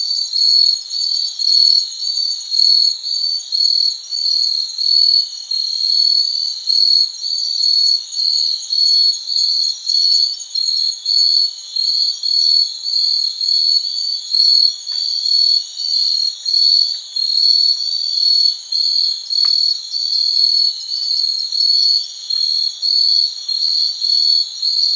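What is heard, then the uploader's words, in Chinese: Night insects chirr in a dense, high-pitched chorus, pulsing in quick regular bursts about twice a second without pause. The sound is thin and bright with no low tones underneath, and a few faint clicks surface near the middle. 夜虫向晚天。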